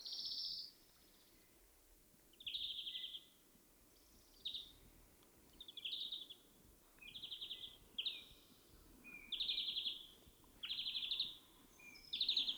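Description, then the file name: European greenfinch producing a run of short buzzy, trilled notes, repeated about every second or two, fainter against steady low background noise. "Chloris chloris"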